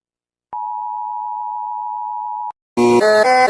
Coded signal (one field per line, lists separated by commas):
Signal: Emergency Alert System (SAME) tones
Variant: 853 and 960 Hz attention tone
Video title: Rating eas alarms with earth and venus part 1